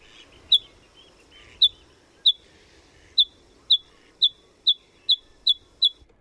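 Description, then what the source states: Bluethroat song of sharp, high ticking notes given singly and hesitantly, about ten in six seconds, coming faster toward the end. Played recording.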